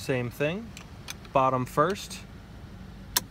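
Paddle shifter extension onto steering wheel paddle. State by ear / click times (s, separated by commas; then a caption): seated / 3.2 s. Someone talks while a second LEYO paddle shifter extension is fitted bottom first and pressed onto the steering wheel paddle. A single sharp click sounds at 3.2 s as the extension clicks on and seats.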